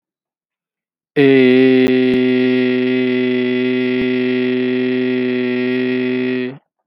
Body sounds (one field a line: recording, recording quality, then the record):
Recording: sustained vowel as in made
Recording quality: excellent, no background noise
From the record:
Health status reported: exposed to COVID-19, no respiratory illness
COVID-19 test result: negative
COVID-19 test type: RT-PCR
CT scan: not taken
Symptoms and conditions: sore throat, asthma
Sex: male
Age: 37 years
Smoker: no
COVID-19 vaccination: both doses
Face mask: worn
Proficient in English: no